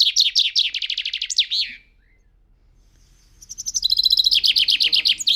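European robin song: a rapid run of high, bright repeated notes, a silent pause of about a second and a half, then a second shimmering, trilling phrase, with no voices.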